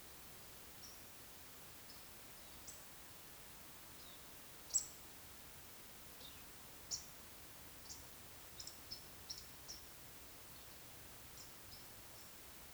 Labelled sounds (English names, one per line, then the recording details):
Eurasian Woodcock
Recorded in Baden-Württemberg, Germany, on 19 June 2020 at 20:06 UTC
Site 49006, 684 m above sea level